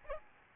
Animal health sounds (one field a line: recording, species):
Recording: mosquito wingbeat signal from an infrared sensor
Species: Aedes albopictus